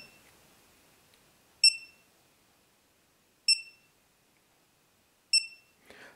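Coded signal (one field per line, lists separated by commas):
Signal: beep code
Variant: EggTimer Apogee deployment controller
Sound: three short high-pitched beeps, evenly and slowly spaced, about two seconds apart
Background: quiet room, handling noise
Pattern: 3 short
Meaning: Pre-flight mode; the rocket cannot be launched during this slow beep sequence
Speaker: this is a pre-flight mode it's very important that you note that you cannot launch the rocket when it's doing this slow beep sequence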